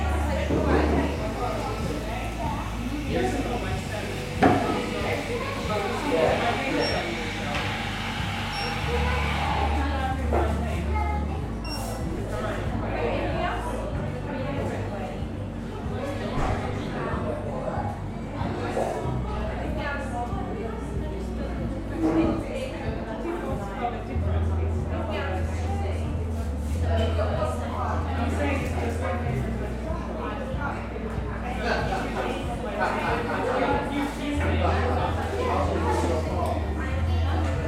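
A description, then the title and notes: A busy coffee shop hums with steady, overlapping chatter from many voices. Bright clinks of cups and crockery break through every few seconds, while a low, constant drone and shifting deep tones run underneath the whole time. Cozy Coffee Shop Ambiance. The bustling ambiance of an English seaside town coffee shop. The sounds of clinking cups, whirring espresso machines, and lively chatter. This binaural field recording captures the vibrant atmosphere of a busy coffee shop.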